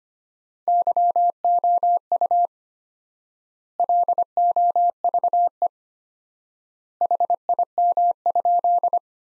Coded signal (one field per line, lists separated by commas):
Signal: Morse code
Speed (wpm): 25 wpm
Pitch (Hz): 700 Hz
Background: none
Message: YOU LOVE HIM?